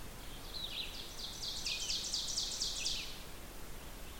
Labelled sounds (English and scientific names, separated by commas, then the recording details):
Ovenbird (Seiurus aurocapilla) song
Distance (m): 50 m
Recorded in boreal forest in Alberta, Canada, on 16 June 2016 at 08:31
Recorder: SongMeter 3, array SBT-3-32
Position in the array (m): 159 m, 29 m
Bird 36